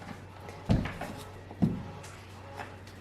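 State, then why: Not seated. A vinyl floor plank is positioned against the adjacent plank: its end is slid in first, then the long edge is brought up and over and slid toward the joint. Soft knocks and scrapes are heard around 0.7, 0.9, 1.0 and 1.6 s over a low steady hum. The plank is only being lined up; nothing has clicked or locked yet.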